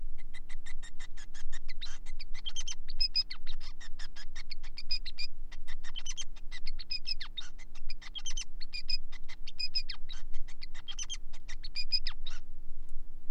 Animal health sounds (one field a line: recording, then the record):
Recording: song of a male Bengalese finch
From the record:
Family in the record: son of father 5